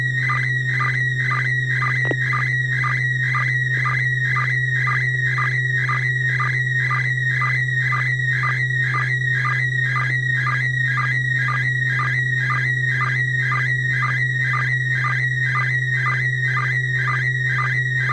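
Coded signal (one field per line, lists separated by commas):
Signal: SSTV (slow-scan television)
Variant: PD120 mode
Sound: warbling, scratchy high tone with steady rhythmic chirps about twice a second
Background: low steady hum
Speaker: we'll start out with our first image of the evening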